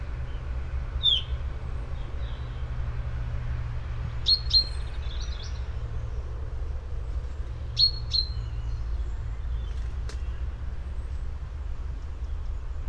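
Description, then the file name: Common chaffinch calls: a few sharp high chirps scattered throughout, some in quick pairs, over a steady low rumble of background noise. "Fringilla coelebs"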